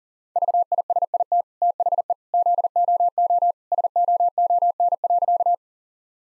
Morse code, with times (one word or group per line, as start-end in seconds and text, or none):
0.4-1.4 VISIT
1.6-2.1 THE
2.3-3.5 ZOO
3.7-5.5 SOON.